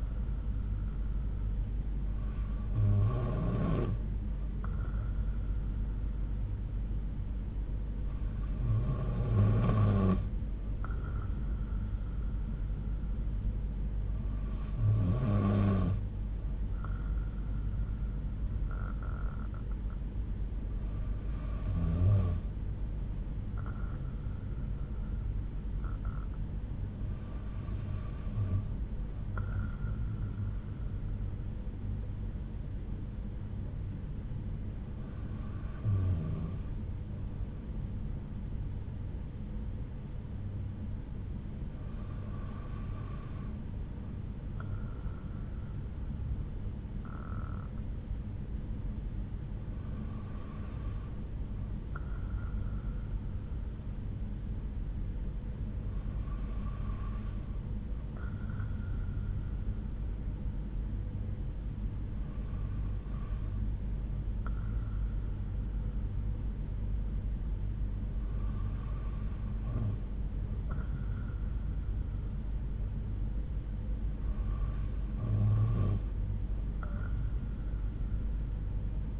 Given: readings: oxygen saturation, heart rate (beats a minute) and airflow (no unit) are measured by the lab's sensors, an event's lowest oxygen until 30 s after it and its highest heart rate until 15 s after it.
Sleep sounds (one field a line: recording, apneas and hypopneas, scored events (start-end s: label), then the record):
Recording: breathing in sleep by a smartphone at the bedside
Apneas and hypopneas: none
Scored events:
none scored
From the record:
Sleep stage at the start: N2 (light sleep)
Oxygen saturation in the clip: 92 to 94%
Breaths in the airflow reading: 12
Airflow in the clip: -6.6 to 4.4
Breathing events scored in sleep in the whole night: 368 in 8.0 hours asleep